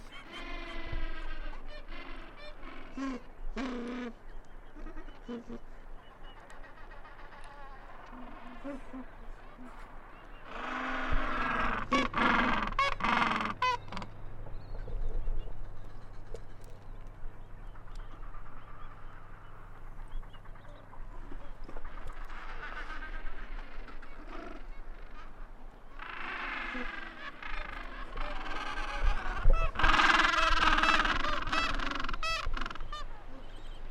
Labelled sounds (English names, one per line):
Gentoo Penguin call